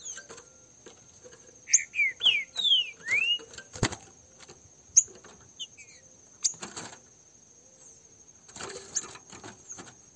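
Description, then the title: Green-winged saltator song: a single short run of whistled slurs, then sharp clicks and knocks, over a faint steady high tone. Pair of free wild birds in a song dispute. "Canto De Trinca Ferro. LINDA DISPUTA com casal de trinca ferro solto"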